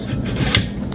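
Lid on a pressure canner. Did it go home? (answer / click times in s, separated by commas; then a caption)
yes / 0.6 s. A metal lid is placed on a pressure canner and twisted until it locks in place, with a low scraping rub during the turn. A short, sharp metallic hit at 0.6 s marks the lid locking, and the lid ends up seated.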